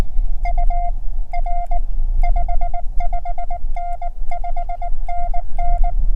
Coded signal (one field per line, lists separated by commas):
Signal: Morse code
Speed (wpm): 20 wpm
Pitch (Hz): 700 Hz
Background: none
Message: UR 55N 5NN